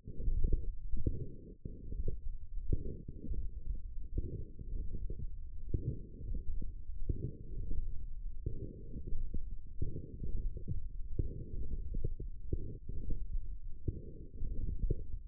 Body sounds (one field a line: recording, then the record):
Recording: forearm muscle sounds (acoustic myography)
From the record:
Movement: forearm supination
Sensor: system 1, eight BSWA MPA416 microphones around the upper forearm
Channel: 7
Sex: male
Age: 23 years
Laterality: right